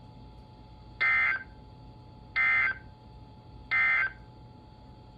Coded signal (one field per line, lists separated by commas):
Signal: Emergency Alert System (SAME) tones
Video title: EAS 2043-2054 (8/20 - 8/31/22)